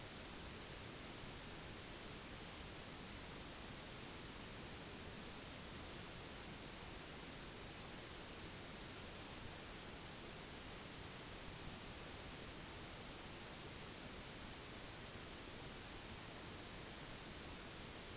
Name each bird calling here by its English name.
none